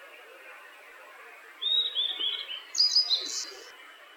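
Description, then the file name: Blue-and-white Flycatcher song: a short high whistled phrase of sliding notes, then a higher burst near the end, over a steady low hiss. "ooruri"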